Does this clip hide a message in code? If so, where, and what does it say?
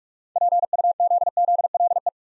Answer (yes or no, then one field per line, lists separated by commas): yes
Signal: Morse code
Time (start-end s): 0.4-2.1 s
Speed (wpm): 44 wpm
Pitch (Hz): 700 Hz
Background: none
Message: PUZZLE